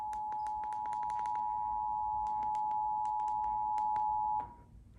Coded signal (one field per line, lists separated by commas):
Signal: Emergency Alert System (SAME) tones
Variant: 853 and 960 Hz attention tone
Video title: SVR Madness 2 (EAS Alerts from 9/4/22) (EAS #462-476) (Monsoon EAS #178-192)